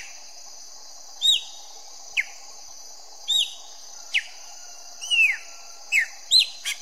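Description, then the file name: Chopi blackbird song of short whistled downslurs and clipped chirps, roughly one per second, against a continuous high hiss. "canto do grauna"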